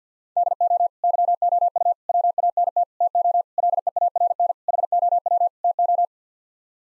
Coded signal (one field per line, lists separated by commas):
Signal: Morse code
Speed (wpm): 50 wpm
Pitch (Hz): 700 Hz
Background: none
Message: DO YOU WANT TO LEARN HOW TO